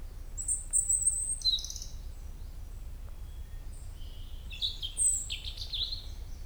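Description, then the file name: European robin giving high, thin whistled phrases with quick trilled flourishes, two separate bursts, and a steady low hum in the background. "Erithacus rubecula"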